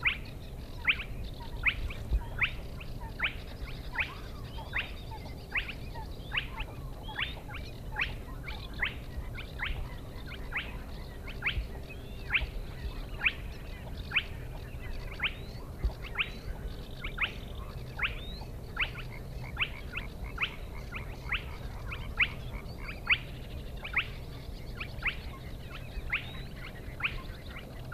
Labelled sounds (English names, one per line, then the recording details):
Spotted Crake
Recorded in the wild
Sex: male
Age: adult
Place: Schwedt/Oder, Nationalpark Unteres Odertal, Brandenburg, DE
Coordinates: 53.1245, 14.3565
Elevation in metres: 1
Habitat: wetland
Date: 2015-04-23 02:33
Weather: clear, 3°C, almost windless
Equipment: Sound Devices 702, Sennheiser MKH 70, Rycote Windschutz
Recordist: Frommolt, Karl-Heinz